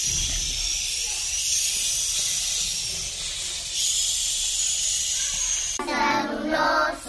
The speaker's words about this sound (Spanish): Una tormenta de viento y nieve.